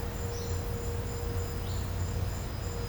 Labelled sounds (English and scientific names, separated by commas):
none